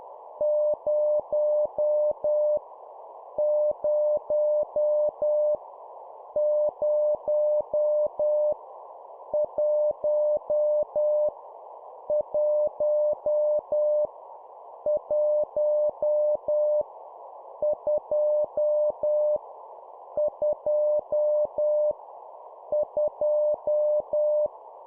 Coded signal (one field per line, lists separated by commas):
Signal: Morse code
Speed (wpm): 10 wpm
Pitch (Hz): 600 Hz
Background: none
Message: 0 0 0 1 1 1 2 2 2